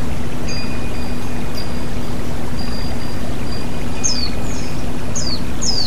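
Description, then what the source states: White-eye calls arrive late: a quick run of high, falling chirps in the final two seconds, after a stretch of only rushing water, a low hum and faint thin tones. White-eye (pleci) with flowing water, bird therapy.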